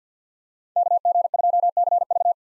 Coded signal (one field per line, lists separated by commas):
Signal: Morse code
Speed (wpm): 50 wpm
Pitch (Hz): 700 Hz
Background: none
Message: KG2CV